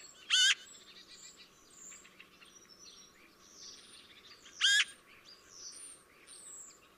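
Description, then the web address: Eurasian magpie giving two short, rasping, harsh notes about four seconds apart, with faint twittering of other birds in the background. "chant xeno-canto pie bavarde"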